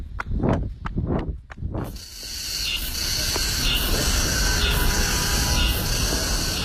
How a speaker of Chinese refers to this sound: 奥林匹克森林公园，跑者的脚步声构成了一曲独特的乐章。